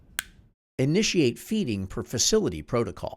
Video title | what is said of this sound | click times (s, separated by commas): Salem Sump™ Tube with Kangaroo™ Multi-functional Port with ENFit® Connection training | toggle the selection knob until the indicator line on the knob is aligned with the indicator of the feed port listen for an audible click | 0.2 s